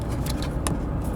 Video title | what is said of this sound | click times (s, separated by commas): Freigh Cascadia fog lights install / swap | So when it clicked, then it's good. | 0.7 s